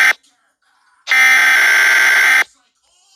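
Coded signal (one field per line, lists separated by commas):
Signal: Emergency Alert System (SAME) tones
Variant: header bursts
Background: speech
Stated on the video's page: Mock tornado warning alert, not a real broadcast.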